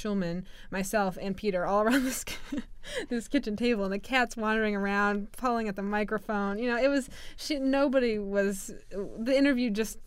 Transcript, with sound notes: Shulman, myself and Peter all around this, (she laughs) this kitchen table. And the cat's wandering around, pulling at the microphone, you know, it was, she, nobody was, the interview just